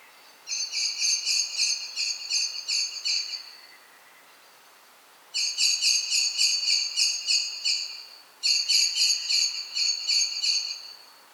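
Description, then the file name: Common blackbird giving bright metallic chinking notes, about three or four per second, in three bursts of several seconds, a short pause after the first and the last two almost run together. "Turdus merula"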